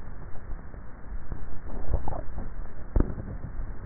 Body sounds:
swallowing sounds by neck microphone; 1
1.82-2.68 s: swallow
From the record:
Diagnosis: dysphagia

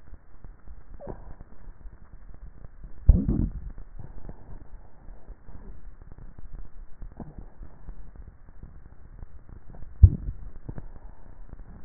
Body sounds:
swallowing sounds by neck microphone; 2
2.95-3.85 s: swallow
9.82-10.65 s: swallow
From the record:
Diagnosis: dysphagia

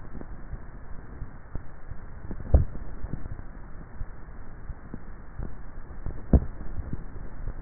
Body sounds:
swallowing sounds by neck microphone; 2
2.22-3.18 s: swallow
6.02-6.92 s: swallow
From the record:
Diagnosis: dysphagia

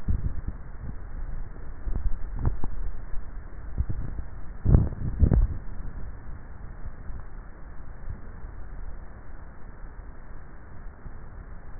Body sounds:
swallowing sounds by neck microphone; 1
4.72-5.48 s: swallow
From the record:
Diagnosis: dysphagia

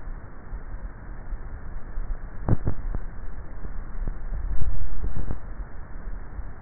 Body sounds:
swallowing sounds by neck microphone; 1
4.32-5.22 s: swallow
From the record:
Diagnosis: dysphagia

